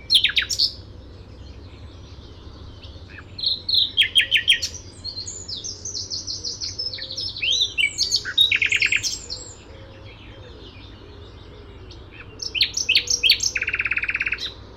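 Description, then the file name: Common nightingale singing three separate phrases with pauses between: loud rapid notes, varied whistled runs, then a fast buzzy trill; steady low hum throughout. "Luscinia megarhynchos"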